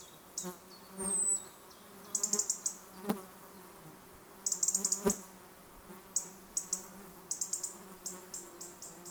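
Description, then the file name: European robin calls: a thin, very high descending whistle and repeated bursts of rapid high ticking, over a steady low hum. "Erithacus rubecula"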